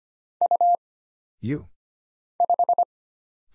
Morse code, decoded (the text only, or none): U 5